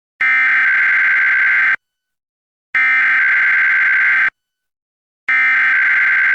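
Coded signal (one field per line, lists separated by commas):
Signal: Emergency Alert System (SAME) tones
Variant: header bursts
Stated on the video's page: Required monthly tests relayed by NOAA weather radio station, cable system and FM station; weather radio audio recorded directly from a Reecom R-1630 weather radio.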